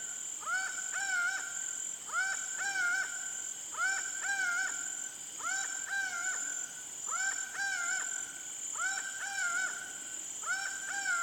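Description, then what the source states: Laughing Falcon calls, evenly spaced doubled harmonic notes repeated at a steady pace, insistent, with a constant high insect whine behind. Recorded in the Pantanal.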